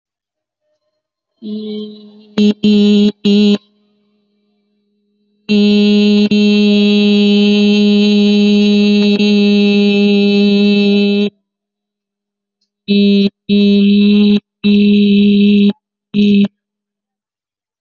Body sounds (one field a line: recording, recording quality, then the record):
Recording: sustained vowel as in beet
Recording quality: moderate, slight background noise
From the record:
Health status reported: healthy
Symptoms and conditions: none ticked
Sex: female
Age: 27 years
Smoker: not ticked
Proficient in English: yes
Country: India